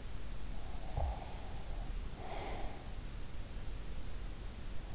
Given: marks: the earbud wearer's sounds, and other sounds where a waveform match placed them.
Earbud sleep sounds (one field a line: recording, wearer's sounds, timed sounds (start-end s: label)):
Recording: sounds in sleep by an in-ear microphone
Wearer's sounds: breath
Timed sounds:
0.43-3.16 s: breath